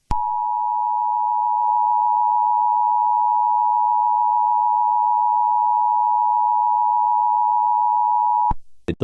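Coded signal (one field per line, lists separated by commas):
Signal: Emergency Alert System (SAME) tones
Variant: 853 and 960 Hz attention tone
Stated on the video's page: Remastered fictional EAS scenario.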